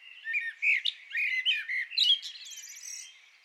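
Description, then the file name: Common blackbird song phrase: several smooth fluted notes, then a thin, high squeaky twitter that fades out. "Turdus merula"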